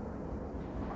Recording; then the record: background sound without coughing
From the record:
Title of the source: Train Ride Ambience ambient white noise for sleeping, focus, studying, reading